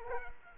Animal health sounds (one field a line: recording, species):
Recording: mosquito wingbeat signal from an infrared sensor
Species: Culex quinquefasciatus